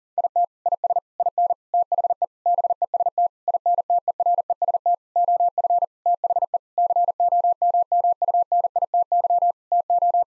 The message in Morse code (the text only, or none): IT IS IN THE BEST INTEREST OF THE COMMUNITY TO